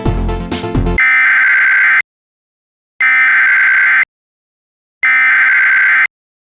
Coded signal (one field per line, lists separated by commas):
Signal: Emergency Alert System (SAME) tones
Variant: header bursts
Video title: Qubo (REMASTERED) - An EAS Scenario